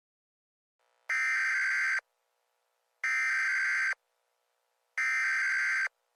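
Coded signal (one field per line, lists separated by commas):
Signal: Emergency Alert System (SAME) tones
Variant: header bursts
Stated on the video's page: Fictional EAS mock scenario about a winter freeze, not a real alert.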